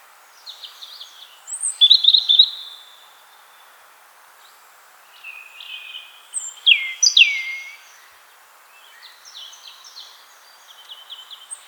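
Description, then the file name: European robin singing high, thin warbling phrases with sweet trills and sliding notes, separated by short pauses, over a soft steady background hiss. "Erithacus rubecula"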